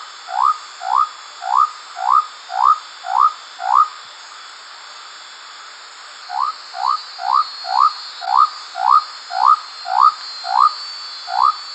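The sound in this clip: Leptodactylus mystaceus frog calling in runs of rising whistled whoops: seven quick notes, a short pause, then a longer run of about ten more, over steady background noise.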